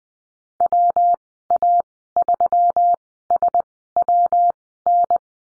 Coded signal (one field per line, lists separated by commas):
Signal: Morse code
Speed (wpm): 20 wpm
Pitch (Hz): 700 Hz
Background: none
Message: WA3SWN